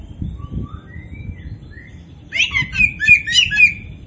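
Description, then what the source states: Oriental magpie-robin giving soft rising whistles, then a loud burst of rich, repeated warbling notes, over faint low rumbling. Kacer Poci variety, described as gacor, singing actively and vigorously.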